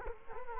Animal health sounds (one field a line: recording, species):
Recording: mosquito wingbeat signal from an infrared sensor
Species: Culex quinquefasciatus